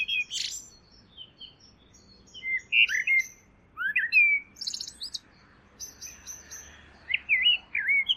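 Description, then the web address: Bird song: bright, warbled whistles and rising slurs mixed with scattered high, thin chirps, in quick uneven bursts. "Deverinetal. Bird Only"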